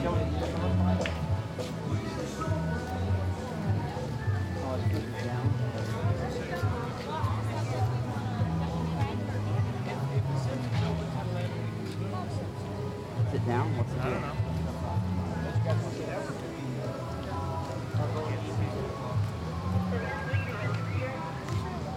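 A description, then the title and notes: Busy theme park walkway with constant overlapping chatter from people and a general crowd murmur. A low hum runs underneath throughout, with occasional brief clatters and louder voices popping out, keeping the level steady and dense for the whole stretch. On this week's show we play audio from the Universal Studios Florida theme park. Listen as you hear us walk the park as we journey from attraction to attraction.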